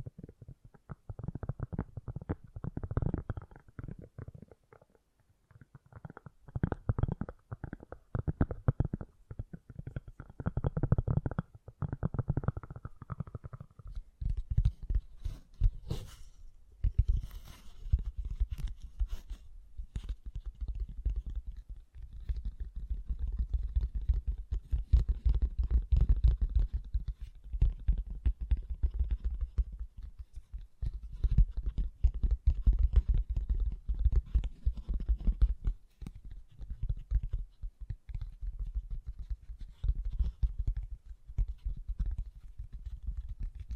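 Fast, gentle tapping runs throughout in soft, dense low bursts, brighter and more scattered after fifteen seconds, with brief muffled rumbling.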